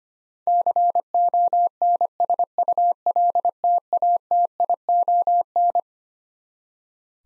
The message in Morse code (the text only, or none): CONSULTATION